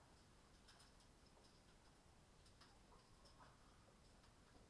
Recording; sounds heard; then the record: poultry house recording; healthy chickens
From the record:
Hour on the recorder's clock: 19